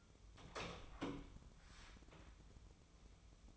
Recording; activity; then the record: daily activity, microphone in the room; open door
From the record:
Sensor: 1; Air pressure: 1004.9 hPa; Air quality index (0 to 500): 80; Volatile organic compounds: 2 ppm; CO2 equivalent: 1081 ppm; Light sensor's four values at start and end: 9/22/9/9 and 9/23/9/10